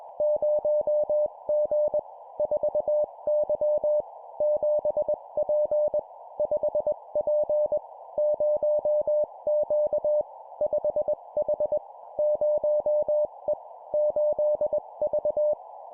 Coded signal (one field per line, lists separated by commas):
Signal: Morse code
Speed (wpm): 21 wpm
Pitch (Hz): 600 Hz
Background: none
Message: 0G 4Y 7P 5P 0Q 5H 0E 8V